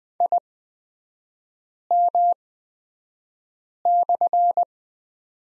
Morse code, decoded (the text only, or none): IM/